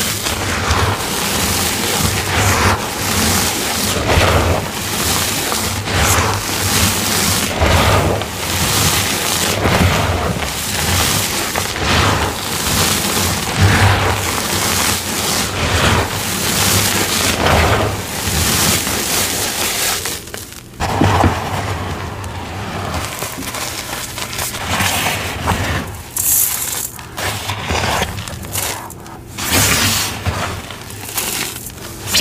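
Gym chalk crumbles are crushed and worked in a dense, continuous stream of gritty crunching and crackling, bright and crisp across the whole span. The grinding stays busy, with a brief lull around 21 seconds before the crunching resumes slightly lighter and more scattered.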